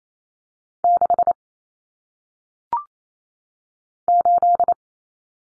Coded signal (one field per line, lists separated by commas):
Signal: Morse code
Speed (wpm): 28 wpm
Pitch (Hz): 700 Hz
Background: none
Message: 6 8